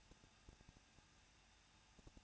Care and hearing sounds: daily activity, microphone in the room; no activity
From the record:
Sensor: 2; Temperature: 21.0 degrees Celsius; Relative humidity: 37.4%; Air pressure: 1006.2 hPa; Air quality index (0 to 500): 222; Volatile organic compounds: 24 ppm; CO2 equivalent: 2806 ppm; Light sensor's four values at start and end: 2/3/2/2 and 2/3/2/2

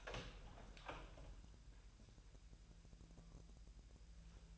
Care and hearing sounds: daily activity, microphone in the room; open door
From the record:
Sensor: 2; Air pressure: 1001.2 hPa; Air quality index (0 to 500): 246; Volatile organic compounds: 84 ppm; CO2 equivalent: 3637 ppm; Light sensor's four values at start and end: 6/15/6/5 and 6/15/6/5

